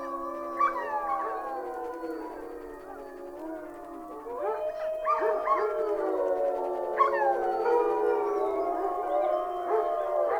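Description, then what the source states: Wolf: wolves howling as a group, a low sustained tone at first, then rising wavering howls and scattered sharp yelps building louder. Several wolves howling together.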